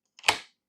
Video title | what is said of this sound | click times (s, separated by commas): Before You Buy The Nintendo Switch 2, Watch This! | There we go. Just snaps right into place. | 0.3 s